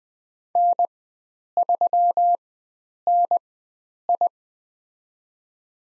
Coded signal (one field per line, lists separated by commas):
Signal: Morse code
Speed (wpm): 20 wpm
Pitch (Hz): 700 Hz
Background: none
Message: N3NI